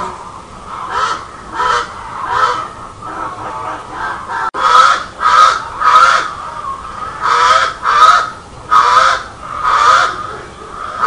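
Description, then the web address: Crow cawing: harsh caws repeated in a steady series, about one a second. "groeten vogels Craws"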